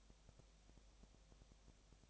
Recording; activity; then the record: daily activity, microphone in the room; no activity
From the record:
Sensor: 1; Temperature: 19.8 degrees Celsius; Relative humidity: 37.9%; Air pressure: 998.8 hPa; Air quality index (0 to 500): 233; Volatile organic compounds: 134 ppm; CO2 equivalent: 3950 ppm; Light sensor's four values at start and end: 1/2/1/1 and 1/2/1/1